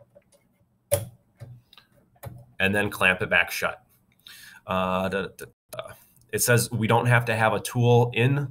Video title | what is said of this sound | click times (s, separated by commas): Cricut - Using the Machine | once you open the clamp you need to push down on the pen while pushing up on the bottom of that white piece that is now showing in the clamp until you hear this goes click and the arrow is no longer visible | 0.9 s